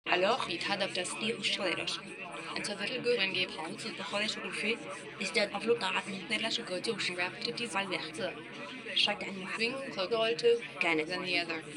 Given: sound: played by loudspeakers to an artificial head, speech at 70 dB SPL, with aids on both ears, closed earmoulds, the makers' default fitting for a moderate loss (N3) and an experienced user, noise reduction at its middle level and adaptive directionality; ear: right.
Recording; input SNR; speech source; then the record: speech test signal (ISTS) in cocktail-party noise; 0 dB; on the right (90 degrees)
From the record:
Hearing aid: class 2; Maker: C